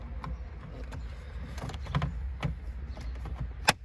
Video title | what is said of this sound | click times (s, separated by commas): (2012-2016) Honda CRV Auto Dual Climate AC Heater Temperature Control OEM Unit Removed And Installed | You will hear the snap go in. | 3.7 s